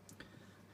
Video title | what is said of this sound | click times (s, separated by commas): Star Wars Desert Skiff and Sarlacc Pit Lego Set 75396 Review | again I TI my hat off to the design ler absolutely really really good and it just clicks into place | 0.1 s, 0.2 s